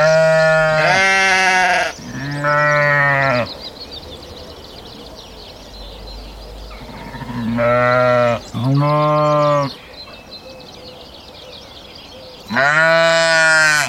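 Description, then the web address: Sheep bleating repeatedly, several loud wavering bleats of about a second each, some in quick pairs, with quiet gaps of low background noise between them. "Ian Hubball Sheep"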